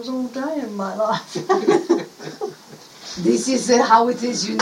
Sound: laughter